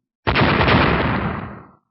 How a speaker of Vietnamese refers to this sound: Vài tiếng nổ giòn vang, sau đó thì một tiếng phốc truyền ra.